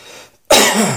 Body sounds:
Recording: coughing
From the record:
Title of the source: Mid-morning Winter Coughing Fit

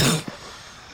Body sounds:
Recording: coughing mixed with background sound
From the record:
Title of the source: Wet coughing

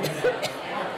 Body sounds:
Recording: coughing mixed with background sound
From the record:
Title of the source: Coughing Woman Sound - Woman Cough Sound Effect

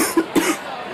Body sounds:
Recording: coughing mixed with background sound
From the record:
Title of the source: 34 coughing up crap again

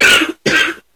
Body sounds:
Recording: coughing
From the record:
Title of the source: 64 coughing, allergies, singing lungs

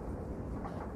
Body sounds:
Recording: background sound without coughing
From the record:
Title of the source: Train Ride Ambience ambient white noise for sleeping, focus, studying, reading

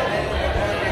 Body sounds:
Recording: background sound without coughing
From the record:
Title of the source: CITY SOUNDS Busy Bar in the Evening Night - 2 HOURS of Ambiance for Relaxation

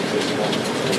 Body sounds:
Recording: background sound without coughing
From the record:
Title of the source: Office Sounds Ambience - Background Noise for Study and Work

